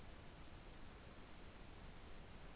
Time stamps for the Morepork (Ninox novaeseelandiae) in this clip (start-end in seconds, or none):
none